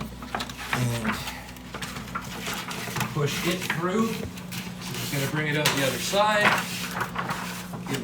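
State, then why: Seated. A shelf panel for a 25L subadult reptile rack is pushed through the rack's side slots and pulled into place while someone talks. Scraping and sliding handling noises build to a sharp click at 7.2 s, and the shelf is seated with everything sitting in place.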